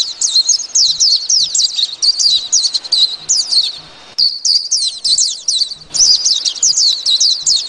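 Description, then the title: White-eye song: a fast, high, tumbling stream of twittering notes, broken by two brief pauses near four and six seconds. Singing white-eye; song described as very fine. "pleci"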